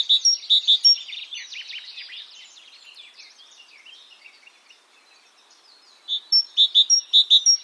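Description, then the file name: Great tit with brisk ringing call notes at the start and end, separated by a stretch of soft, scratchy twittering and a quiet gap. "Parus major"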